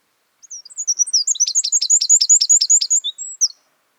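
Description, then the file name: Eurasian wren song, a single energetic burst of very high, quickly repeated chirps and trilled notes, about three seconds long, in a quiet setting. "Troglodytes troglodytes"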